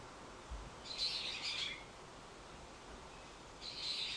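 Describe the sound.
Bird giving two harsh, high chirping calls a few seconds apart, the second cut off at the end.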